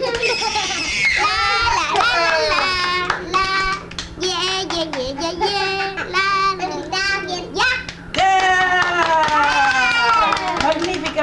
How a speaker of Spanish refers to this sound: Está siguiendo el coro con los aplausos.